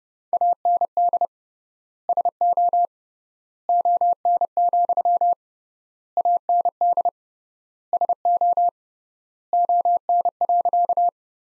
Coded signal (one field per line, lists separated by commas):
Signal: Morse code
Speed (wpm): 31 wpm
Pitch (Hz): 700 Hz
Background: none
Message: AND SO ON, AND SO ON.